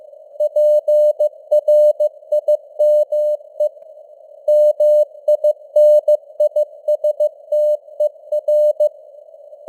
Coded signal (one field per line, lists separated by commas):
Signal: Morse code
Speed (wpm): 15 wpm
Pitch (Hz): 600 Hz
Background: none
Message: PRIME MINISTER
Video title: Morse Code News | 2025-11-22 | 15wpm